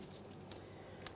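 The second locking tab of a parking assist sensor on a 2011-2021 Jeep Grand Cherokee is squeezed into the bumper cover over a steady low background hum. Sharp, bright clicks sound at 0.5 s and 1.1 s as the tab snaps in, and a tug test confirms the sensor is locked into the bumper cover.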